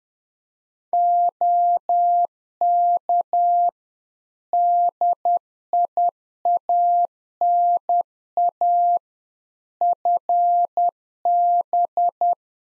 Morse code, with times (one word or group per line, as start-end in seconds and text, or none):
0.9-3.7 OK
4.5-9.0 DIANA
9.8-12.3 FB